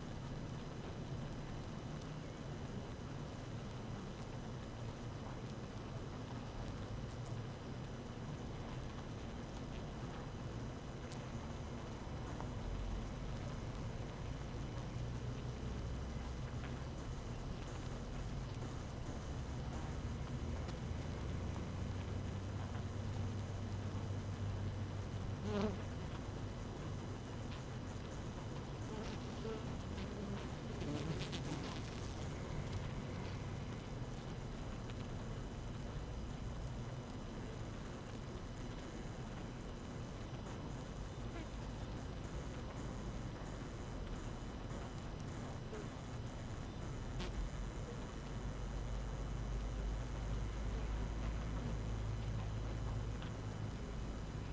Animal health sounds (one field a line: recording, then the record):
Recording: honeybee colony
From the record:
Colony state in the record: active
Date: 12 June 2018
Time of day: 6:21